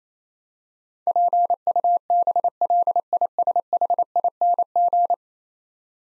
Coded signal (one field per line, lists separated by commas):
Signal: Morse code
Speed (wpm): 28 wpm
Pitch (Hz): 700 Hz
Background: none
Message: PUBLISHING